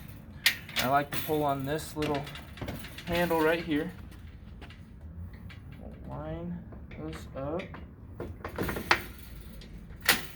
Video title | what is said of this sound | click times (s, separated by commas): BHC Guides: Hospital Bed Setup and Operation | give it a couple shakes and we're lock into place | 8.9 s, 10.1 s